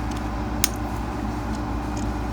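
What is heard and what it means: A plastic post on a transforming action figure is pushed into an empty back piece and snaps in with one sharp click at 0.6 s over a steady low hum. The post is seated.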